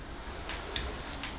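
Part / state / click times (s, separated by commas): spark plug wire boot onto spark plug / seated / 0.8 s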